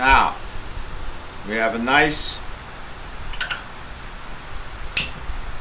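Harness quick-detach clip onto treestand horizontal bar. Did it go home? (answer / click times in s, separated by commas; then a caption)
yes / 5.0 s. Someone talks while snapping a safety harness quick-detach kit's clip closed onto the horizontal bar of a treestand platform. There are light clinks around 3.4 s, then a sharp snap at 5.0 s as the clip seats shut.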